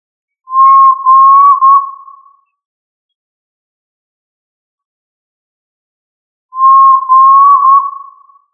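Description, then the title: Tinamou whistles, two long, steady, pure notes, each about two seconds and slightly wavering, separated by a long silence. "Familia Tinamidae - Quail - Puyuh"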